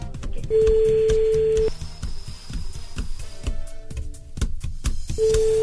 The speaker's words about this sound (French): J'en peux plus, cette musique. C'est une sonnerie.